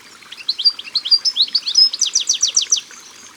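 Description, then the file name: European goldfinch song: fast sweet twitters followed by a run of repeated buzzy notes, all high-pitched and continuous. Recorded by the water. "Chardonneret elegant Au bord de leau"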